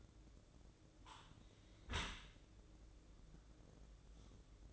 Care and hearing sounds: daily activity, microphone in the room; close dishwasher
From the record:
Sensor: 3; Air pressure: 1012.3 hPa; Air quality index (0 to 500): 164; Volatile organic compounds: 2 ppm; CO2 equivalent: 1259 ppm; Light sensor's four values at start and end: 500/1232/507/502 and 493/1212/498/493

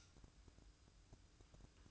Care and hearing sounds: daily activity, microphone in the room; light off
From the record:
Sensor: 2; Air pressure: 1007.7 hPa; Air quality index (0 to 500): 64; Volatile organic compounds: 1 ppm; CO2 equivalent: 606 ppm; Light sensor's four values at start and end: 14/38/15/15 and 9/22/9/10

